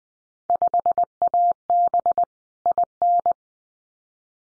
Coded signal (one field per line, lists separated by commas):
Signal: Morse code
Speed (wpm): 20 wpm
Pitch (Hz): 700 Hz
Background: none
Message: 5AB IN